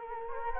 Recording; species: mosquito wingbeat signal from an infrared sensor; Culex quinquefasciatus